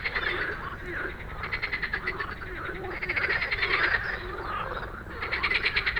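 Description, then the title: Frog croaking in quick rattling bursts, several louder trains emerging from a busy chorus of other frogs. Many frogs giving an evening chorus after dark in Stromovka Park, Prague; 18 May 2022 from 22:08, recorded with a Sony PCM-D100. "Stromovka Park, Prague - Frog concert at Stromovka after dark"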